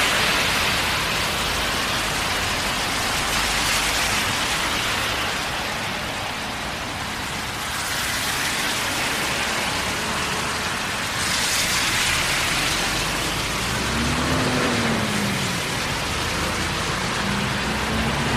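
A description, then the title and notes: Steady rain hisses throughout a walk, swelling brighter in waves around five and twelve seconds, with a faint low tone rising briefly near fourteen seconds. Long Walk In The Rain Around The Neighborhood.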